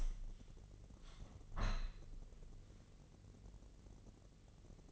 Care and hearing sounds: daily activity, microphone in the room; open window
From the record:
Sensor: 4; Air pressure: 1013.2 hPa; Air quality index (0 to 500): 173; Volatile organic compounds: 2 ppm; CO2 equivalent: 1088 ppm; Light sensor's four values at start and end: 70/173/72/74 and 64/158/66/69

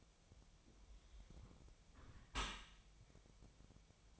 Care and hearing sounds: daily activity, microphone in the room; close dishwasher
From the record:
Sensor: 1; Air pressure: 1006.8 hPa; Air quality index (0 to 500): 208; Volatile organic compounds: 24 ppm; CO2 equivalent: 2808 ppm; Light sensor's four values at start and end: 12/31/12/13 and 12/31/12/13

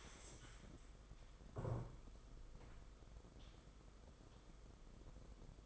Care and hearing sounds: daily activity, microphone in the room; stand up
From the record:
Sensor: 5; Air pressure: 990.6 hPa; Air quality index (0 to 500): 151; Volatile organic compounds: 167 ppm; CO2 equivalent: 4094 ppm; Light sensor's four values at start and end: 46/138/53/57 and 45/138/53/57

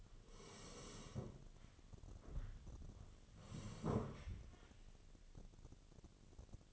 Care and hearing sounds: daily activity, microphone in the room; sit down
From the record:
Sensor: 4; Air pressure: 1016.1 hPa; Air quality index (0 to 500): 177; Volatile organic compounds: 7 ppm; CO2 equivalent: 2019 ppm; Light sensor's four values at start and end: 9/20/8/7 and 9/20/8/7

